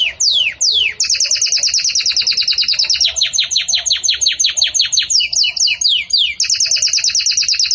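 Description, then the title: Belgian canary song: continuous rapid trills of clipped, downslurred notes, steady and loud throughout. Belgian canary singing in the 'campainha' (bell) style, offered as a song model for tutoring young chicks. "Belíssimo Canto Do Canário Belga Campainha Para Encarte De Filhotes"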